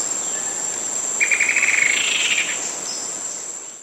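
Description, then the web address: Rufous-winged antwren delivering one quick pulsed chattering trill under a constant shrill insect drone. South America. "Natures Songs S America Rufous-Winged Antwren"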